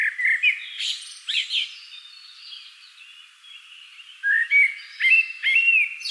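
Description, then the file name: Common blackbird song, a whistled phrase with shrill twittering, a pause, then another bright warbled phrase. "Turdus merula"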